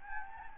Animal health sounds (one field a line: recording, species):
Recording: mosquito wingbeat signal from an infrared sensor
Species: Anopheles gambiae